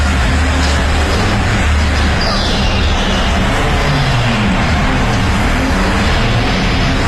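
A loud, steady roar of a motor engine with a deep rumbling low end and broad noisy hiss, holding constant for several seconds without any speech, as President Joko Widodo speeds to the 2018 Asian Games opening ceremony.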